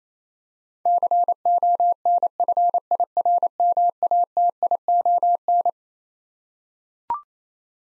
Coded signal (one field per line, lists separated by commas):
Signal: Morse code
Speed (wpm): 28 wpm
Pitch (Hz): 700 Hz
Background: none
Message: CONFIRMATION